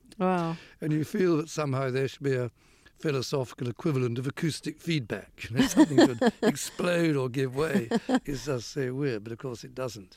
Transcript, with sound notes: And you feel that somehow there should be a philosophical equivalent of acoustic feedback.
(Laughter).
Something should explode or give way. It's just so weird, but of course it doesn't.